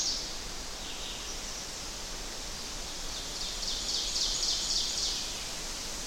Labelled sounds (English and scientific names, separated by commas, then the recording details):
Ovenbird (Seiurus aurocapilla) song
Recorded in boreal forest in Alberta, Canada, on 10 June 2016 at 06:54
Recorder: SongMeter 3, array SBT-3-39
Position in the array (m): 195 m, 89 m
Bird 17